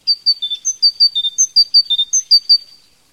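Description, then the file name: Tit singing a fast run of bright, piping notes, stepping between a high, a middle and a low pitch in repeated sets, then stopping. "Sonotheque Mesange Radio France"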